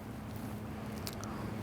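A metal brake pad abutment clip with small locking tabs is pushed down into the caliper bracket on a 2006–2014 Honda Ridgeline's rear brakes, against a steady low hum. Sharp clicks at 1.1 s and 1.2 s mark the tabs locking on, followed by a fainter tick near the end. The clip is fully seated.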